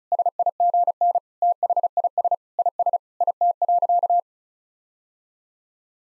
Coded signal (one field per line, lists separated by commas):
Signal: Morse code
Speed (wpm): 36 wpm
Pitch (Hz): 700 Hz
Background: none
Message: SIGN THIS IS IT.